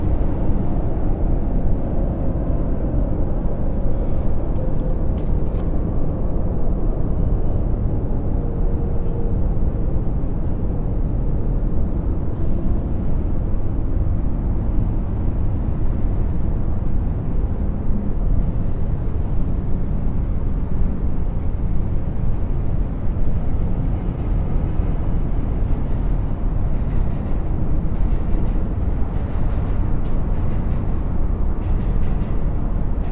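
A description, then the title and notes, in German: A city skyline hums with a steady, dense traffic roar, heavy and low, with almost no change in loudness across the whole stretch. A few faint, brief clicks and ticks drift in higher up, distant and sparse, around the middle and toward the end. 20 Stockwerke über der belebten Stadtszene.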